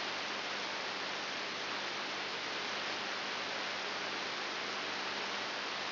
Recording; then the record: brain microelectrode recording played as sound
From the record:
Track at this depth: inside the subthalamic nucleus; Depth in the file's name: 6.901 mm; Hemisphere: left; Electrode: 3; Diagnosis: Parkinson's disease